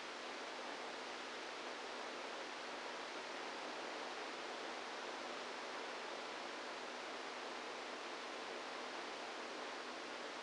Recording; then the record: brain microelectrode recording played as sound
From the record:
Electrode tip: inside the subthalamic nucleus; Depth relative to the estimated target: -4 mm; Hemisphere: right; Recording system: NeuroSet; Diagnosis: Parkinson's disease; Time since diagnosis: 27 years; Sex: male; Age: 62 years